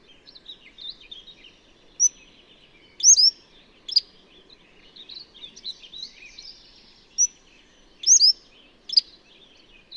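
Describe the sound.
Bird song of bright chirps and short warbled phrases, with louder paired notes near three and eight seconds and softer twittering between.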